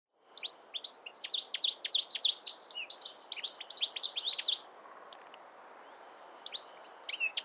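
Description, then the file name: European goldfinch twittering, several seconds of fast high tinkling and buzzy notes that stop abruptly, followed by quiet and a few more chirps. "Carduelis carduelis"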